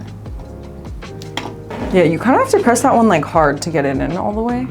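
The front-panel HD audio cable plug is pressed hard onto its pin header at the bottom right of a motherboard, since it must go all the way in or it falls out. Over background music, sharp snaps land at 1.2 s and 1.4 s as the connector seats fully, then someone talks.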